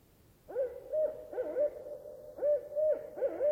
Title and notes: In the still, quiet night air of the Olympic National Park's Queets Rain Forest river valley, a lone Barred Owl sings from a nearby tree.